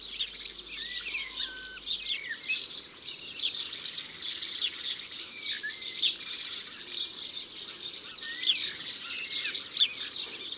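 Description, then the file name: European serin giving a dense high buzzy jingle for the whole stretch, mixed with short lower whistled phrases. "Serin cini ABC des chants doiseaux"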